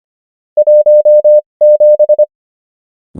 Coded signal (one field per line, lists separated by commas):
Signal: Morse code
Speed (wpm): 25 wpm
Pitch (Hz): 600 Hz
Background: none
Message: 17